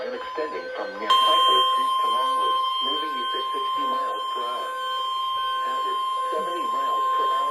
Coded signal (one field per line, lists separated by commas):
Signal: Emergency Alert System (SAME) tones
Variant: 1050 Hz attention tone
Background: speech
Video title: IVE RETURNED.. EAS Alerts From 3/12/22 - (EAS #390-#399)